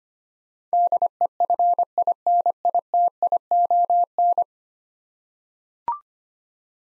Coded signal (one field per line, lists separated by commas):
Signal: Morse code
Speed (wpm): 25 wpm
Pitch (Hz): 700 Hz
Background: none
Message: DEFINITION